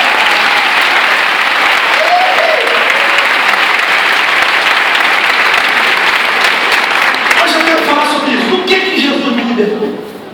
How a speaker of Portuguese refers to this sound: Você pode aplaudir o Senhor por isso?